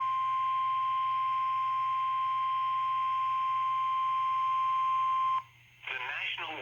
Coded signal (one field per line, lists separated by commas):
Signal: Emergency Alert System (SAME) tones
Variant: 1050 Hz attention tone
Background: speech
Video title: Double Header EAS - Two Flood Warnings for the Meramec River on my Scanner (EAS #2 - #3)